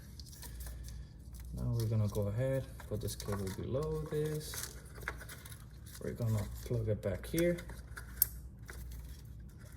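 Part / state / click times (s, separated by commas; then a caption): connector into fuel tank breather valve / seated / 8.2 s. A connector on the fuel tank breather valve of a BMW X5 G05 with a B58 TU Gen2 engine is routed under a cable and plugged back into place while someone talks. Light plastic handling noises are heard, then a sharp click at 8.2 s as the connector seats.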